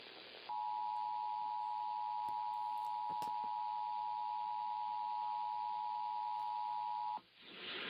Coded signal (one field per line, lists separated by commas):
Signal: Emergency Alert System (SAME) tones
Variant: 853 and 960 Hz attention tone